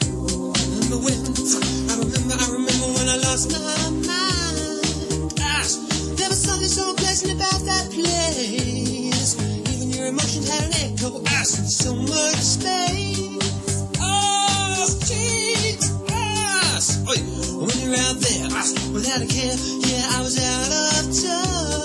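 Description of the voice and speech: A man sings along to a loud pop backing track, and his lines are repeatedly broken by abrupt outbursts such as "Ah", "Oi" and "Oh, jeez". These sudden interjected sounds and words are vocal tics of Tourette syndrome, in which he cannot stop himself from blurting out a whole lot of swear words.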